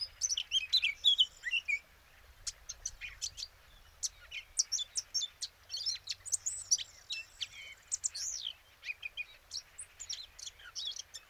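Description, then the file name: Eurasian blackcap sings a busy stream of sharp high chirps and scratchy warbled notes in loose bursts, over faint background noise. "Sylvia atricapilla"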